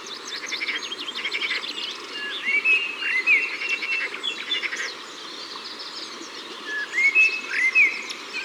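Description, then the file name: Eurasian blackbird song: two rich whistled phrases with slurred notes, with steady chirping and trilling in the background. Ardèche, France. "Merle-Noir-Concerts-Naturels-De-l Ardeche"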